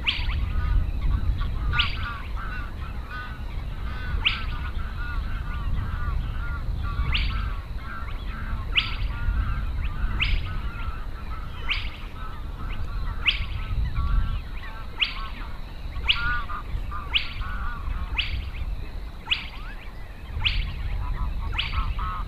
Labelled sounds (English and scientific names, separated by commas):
Spotted Crake (Porzana porzana) song